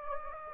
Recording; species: mosquito wingbeat signal from an infrared sensor; Anopheles gambiae